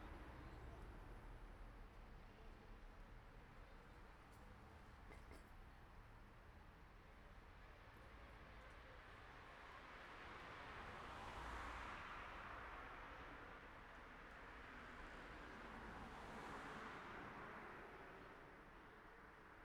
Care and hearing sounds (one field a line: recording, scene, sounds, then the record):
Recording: everyday scene through a hearing-aid microphone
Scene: in traffic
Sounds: traffic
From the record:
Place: city secondary road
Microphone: behind the ear, right, rear